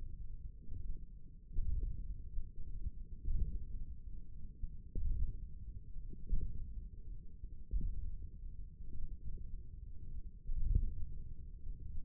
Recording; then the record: forearm muscle sounds (acoustic myography)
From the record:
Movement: radial deviation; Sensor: system 1, eight BSWA MPA416 microphones around the upper forearm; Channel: 1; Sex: male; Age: 28 years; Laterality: right